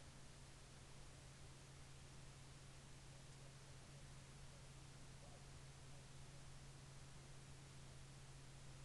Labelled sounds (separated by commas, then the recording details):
bird, man-made sound
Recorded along the Dempster Highway, Canada, on 13 August 2019 at 22:41
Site 20